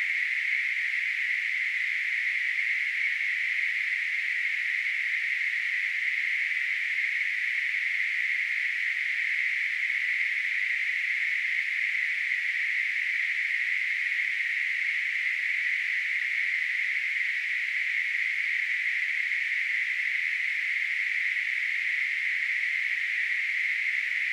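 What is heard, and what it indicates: A steady, unchanging hiss centred in the mid-high range, around 2 kHz, runs the full 24 seconds with no pulsing or breaks. It is a simulation of noise-type tinnitus: a constant rushing sound heard in the ear without an outside source.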